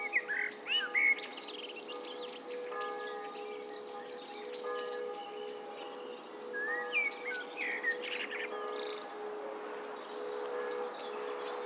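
Blackbird song: short warbled fluty phrases at the start and again midway, over steady ringing bell tones.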